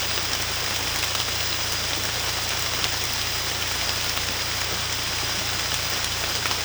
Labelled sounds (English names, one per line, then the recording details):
none
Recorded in secondary vegetation near Puerto Asís, Putumayo, Colombia, on 18 December 2024 at 23:30
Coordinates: 0.484, -76.319
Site GP06